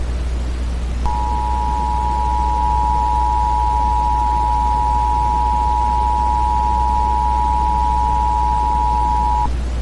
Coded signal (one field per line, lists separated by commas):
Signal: Emergency Alert System (SAME) tones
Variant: 853 and 960 Hz attention tone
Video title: The Thanksgiving Virus - EAS Scenario